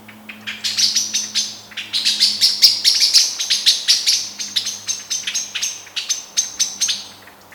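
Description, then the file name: Eurasian blackbird calls: a dense run of sharp, clicky chinking notes, about three a second, over a thin high whine. "Turdus merula"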